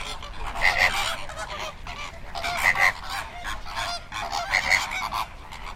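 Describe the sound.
Flamingo flock calling, a dense din of overlapping honking and goose-like gabbling, swelling in bursts roughly every two seconds, with a steady low rumble beneath.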